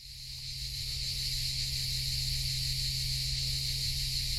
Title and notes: Grills Collserola. Esta mañana he hecho una parada en una pineda de Collserola a más de 30 grados. Asociamos el calor a los grillos y las cigarras y en esta grabación binaural se escuchan a cientos